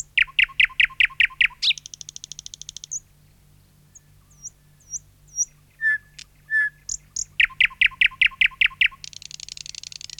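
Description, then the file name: Thrush nightingale singing: a fast series of loud chopping notes, a dry rattle, sparse high whistles and clicks, then another chopping run ending in a buzzy trill. "satakieli"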